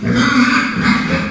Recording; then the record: squeal of a Yucatan mini pig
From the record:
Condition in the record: after surgery on the right vocal fold (resection and tissue-engineered implant); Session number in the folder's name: 14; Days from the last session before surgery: 133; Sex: female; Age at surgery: 19 weeks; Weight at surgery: 25 kg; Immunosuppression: prednisolone